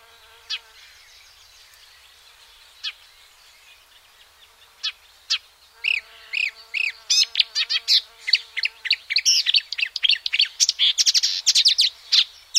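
Marsh warbler song beginning with a few scattered notes, then building into rapid, varied chirps that grow denser toward the end.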